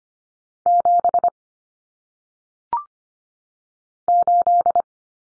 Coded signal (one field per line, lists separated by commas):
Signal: Morse code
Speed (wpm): 25 wpm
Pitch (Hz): 700 Hz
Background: none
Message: 7 8